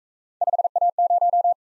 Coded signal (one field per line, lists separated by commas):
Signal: Morse code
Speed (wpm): 38 wpm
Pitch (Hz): 700 Hz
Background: none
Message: 5A0